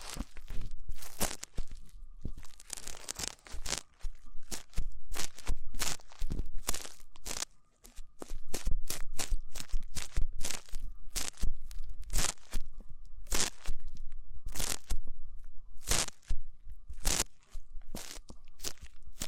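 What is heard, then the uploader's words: Rough ear cleaning makes a dense run of scratchy, crackling scrapes and rubs, with sharp bright bursts every second or so and busier stretches between. A faint steady tone hums underneath throughout, and the scraping drops out briefly near eight seconds. ASMR Rough Ear Cleaning (No Talking).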